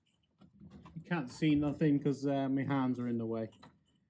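On a Seat Arona door, the mirror wiring loom plug is handled at the bottom of the door, with hands hiding the view, as it is snapped back into its door mounting while someone talks. Nothing has seated or clicked yet.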